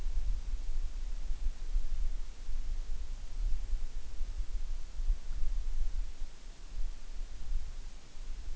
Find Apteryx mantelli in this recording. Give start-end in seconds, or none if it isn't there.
none